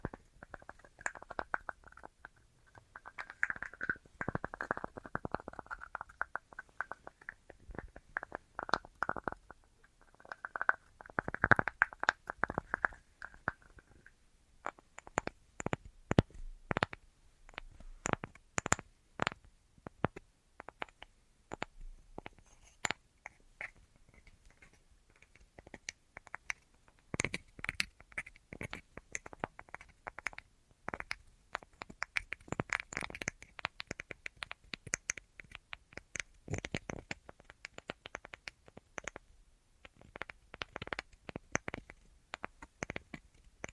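An assortment of tapping: quick, irregular taps and clicks come in dense bursts with brief gaps. During the first fourteen seconds the taps carry a hollow, ringing tone, and later they turn drier and sharper, with some scratchy, rustling textures mixed in.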